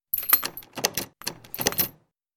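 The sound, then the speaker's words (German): A door to a room in a farmhouse in a forest being locked with keys by two men: two quick bursts of bright metallic jingling and clicking, about two seconds in all, at moderate loudness with no voices. “Sie zwingen mich in ein Zimmer und schließen die Tür ab.”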